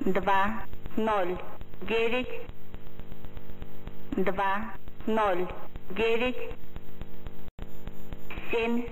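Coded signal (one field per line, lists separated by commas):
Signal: numbers station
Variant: S06s, Russian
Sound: a voice reading Russian numbers one by one, repeating two, zero, nine, over steady hum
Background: radio hum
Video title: [S06s] Scheduled message; 26. June 2020, 8:30 UTC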